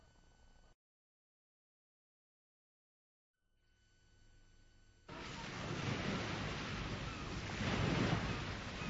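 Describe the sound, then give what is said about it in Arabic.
A faint hiss cuts to silence, then a loud, broad rush of waves from a sea stretching to the far horizon bursts in and keeps washing ashore, swelling and churning steadily to the end with no voices. “هذا البحر الممتد حتى الأفق البعيد، أتسمع صوت أمواجه؟”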